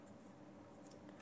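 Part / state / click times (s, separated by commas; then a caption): watch strap into metal watch case / not seated / none. A watch strap is pushed into a metal modification case on a Casio G-Shock GA-2100, heard as quiet, steady low handling noise with a faint brief tap around 1.1 s. The strap has not clicked or seated into the case yet.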